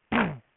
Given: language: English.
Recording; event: throat vibration sensor signal played as sound; throat clearing